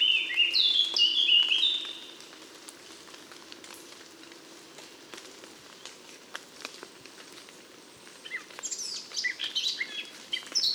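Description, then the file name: Eurasian blackcap song: a quick, high scratchy warble for about two seconds, a quiet gap, then another bright warbling burst at the end, over light patter. "Sylvia atricapilla"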